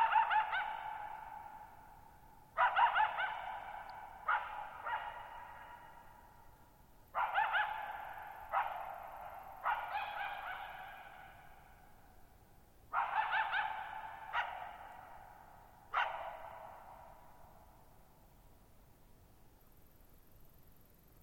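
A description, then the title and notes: A coyote calls from across a meadow in short bursts of yips and barks, each ringing out and fading with a brief echo. Calls come in clusters roughly every two to three seconds, with quiet gaps between them. Our coyote performer works across the meadow, keeping a distance but moving around. Camped near Thirtymile Meadows in the Okanogan National Forest at 6400 ft (1950 m). The shallow-bowl shaped meadows made for a beautiful natural amphitheater for recording. Microphones: Double Mid-Side of MKH8040/MKH30/MKH8040 Stereo Matrix: Harpex-X Recorder: MixPre 6.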